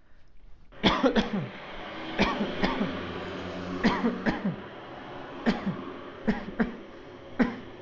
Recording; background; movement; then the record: voluntary coughing; traffic; sitting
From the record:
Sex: male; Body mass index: 20.5 kg/m2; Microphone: on the chest, facing outward